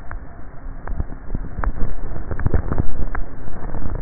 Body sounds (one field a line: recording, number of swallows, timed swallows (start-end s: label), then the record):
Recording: swallowing sounds by neck microphone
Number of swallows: 1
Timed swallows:
2.25-3.05 s: swallow
From the record:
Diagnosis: dysphagia